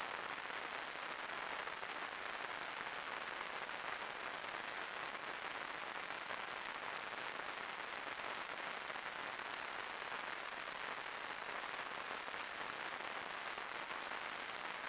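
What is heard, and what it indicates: A steady, unbroken high-pitched hiss, concentrated in a narrow band near 8 kHz, holds at an even level for about 15 seconds. It is a simulated tinnitus sound, imitating the constant ringing or hissing that people with tinnitus hear.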